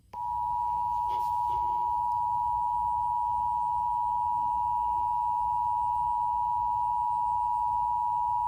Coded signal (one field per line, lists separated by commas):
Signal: Emergency Alert System (SAME) tones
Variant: 853 and 960 Hz attention tone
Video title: Emergency Alert System Test March 9, 2019 Required Monthly Test "Funny Moments"